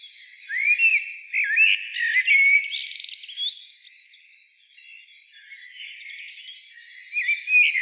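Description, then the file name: Common blackbird song: warbling fluted notes and a buzzy high rattle early on, a quieter stretch, then more whistled phrases near the end. "Turdus merula"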